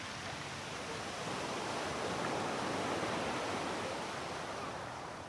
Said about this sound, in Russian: Размеренный шум волн и крик вечно голодных чаек. Запах моря.